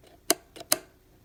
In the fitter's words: right before that tab like sitting back here but then when you holster it and it clicks and locks in place it sits right here